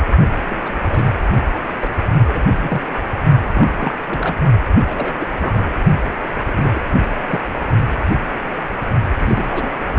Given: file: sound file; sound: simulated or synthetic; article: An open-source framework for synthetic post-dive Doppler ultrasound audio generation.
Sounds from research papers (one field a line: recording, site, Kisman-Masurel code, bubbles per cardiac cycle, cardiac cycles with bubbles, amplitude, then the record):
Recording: Doppler ultrasound audio after a dive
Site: precordial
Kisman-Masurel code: 232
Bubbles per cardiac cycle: several, 3–8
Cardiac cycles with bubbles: 50–99%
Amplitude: moderate amplitude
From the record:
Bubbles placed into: partial cardiac cycles